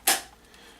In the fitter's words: The battery just slide right in. And you're going to want to make sure you listen for the click.